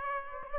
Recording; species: mosquito wingbeat signal from an infrared sensor; Aedes aegypti